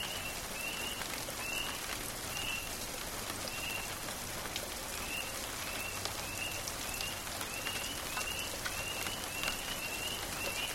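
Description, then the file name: Spring peeper giving brief upslurred peeps at irregular intervals, partly masked by constant rain. Heard at night in rain, Florence, Kentucky, Easter night 2004. "Thunder Rain Spring Peeps Night Birds Florence KY Easter Night 2004 Craig Wilson"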